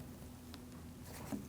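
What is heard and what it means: A plastic cap is handled over the adapter post of a front wiper blade for a 2010–2019 Ford Taurus, with a low steady hum and one faint brief tick around 0.5 seconds. Nothing has seated or clicked yet.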